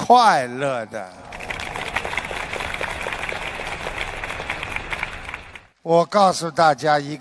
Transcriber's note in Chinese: 掌声